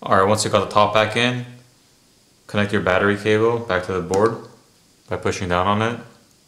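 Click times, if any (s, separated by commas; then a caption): none. During reassembly of a Moto Z Play XT1635 smartphone, the battery flex cable's press-fit connector is being pushed down onto its socket on the logic board. Someone talks in three bursts separated by short quiet pauses. The connector has not seated or clicked yet.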